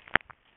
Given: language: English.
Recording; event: throat vibration sensor signal played as sound; swallow